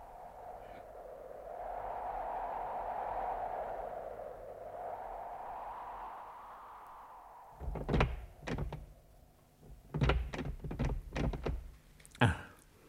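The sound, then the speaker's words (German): A steady low hum gives way to a series of sharp wooden knocks and rattles, someone repeatedly pushing and jiggling the locked door of a temple that won't open, ending with a final loud thud. “Ich dachte, wir könnten in diesem Tempel Schutz finden. Aber die Tür ist verschlossen.”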